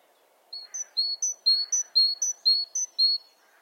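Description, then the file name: Great tit singing a clear alternating two-pitch phrase, each pair repeated about twice per second, over a soft low background hum. "Parus major"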